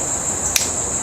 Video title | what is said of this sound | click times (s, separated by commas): Gamo Swarm Maxxim | Hear the click, it's ready to go. | 0.6 s